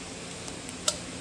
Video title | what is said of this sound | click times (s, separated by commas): How To Test Engine Compression -- Jeep Sputtering E09 | did you hear the click that was the click yep | 0.9 s